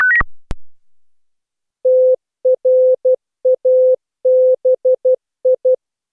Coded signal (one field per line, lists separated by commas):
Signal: Morse code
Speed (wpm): 16 wpm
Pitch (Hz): 510 Hz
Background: none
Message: TRABI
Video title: Daily Minutes, December 21, 2015, without the Contestia.